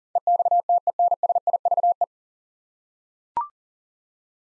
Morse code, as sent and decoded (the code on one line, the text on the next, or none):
. -..- - . -. ... .. ...- .
EXTENSIVE